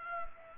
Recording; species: mosquito wingbeat signal from an infrared sensor; Culex pipiens